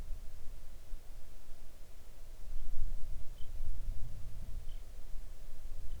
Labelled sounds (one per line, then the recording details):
songbird
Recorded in the Arctic National Wildlife Refuge, Alaska, on 3 August 2019 at 05:21
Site 41